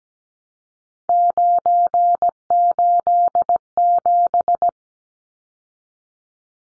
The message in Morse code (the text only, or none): 987